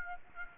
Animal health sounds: mosquito wingbeat signal from an infrared sensor; Aedes aegypti

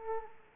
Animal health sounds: mosquito wingbeat signal from an infrared sensor; Culex quinquefasciatus

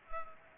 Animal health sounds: mosquito wingbeat signal from an infrared sensor; Culex pipiens

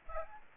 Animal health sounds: mosquito wingbeat signal from an infrared sensor; Aedes aegypti

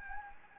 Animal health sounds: mosquito wingbeat signal from an infrared sensor; Anopheles gambiae

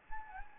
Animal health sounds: mosquito wingbeat signal from an infrared sensor; Anopheles gambiae

